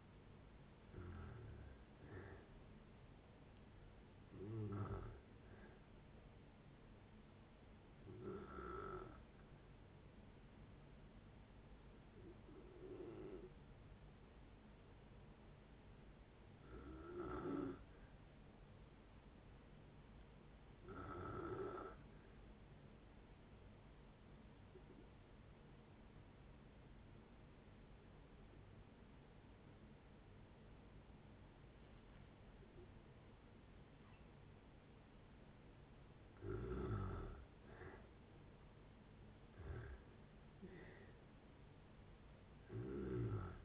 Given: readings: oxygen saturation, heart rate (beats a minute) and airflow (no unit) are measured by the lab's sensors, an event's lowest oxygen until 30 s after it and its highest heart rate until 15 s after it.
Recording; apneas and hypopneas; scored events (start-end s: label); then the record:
breathing in sleep by a voice recorder at the bedside; 1
8.00-37.40 s: hypopnea (N2, oxygen 97% highest, then 85% lowest)
26.00-43.65 s: new sleep stage, N1 (lightest sleep)
From the record:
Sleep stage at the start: N2 (light sleep); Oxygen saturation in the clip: 85 to 97%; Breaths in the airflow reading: 12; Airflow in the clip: -8.6 to 9.2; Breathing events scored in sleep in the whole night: 496 in 5.4 hours asleep